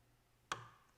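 A plastic fan wiring connector is plugged into its socket on the board of an Elegoo Neptune 4 Pro 3D printer. After quiet, a single sharp, loud click sounds at 0.5 seconds with a brief ringing tail. The connector seats and clicks into place.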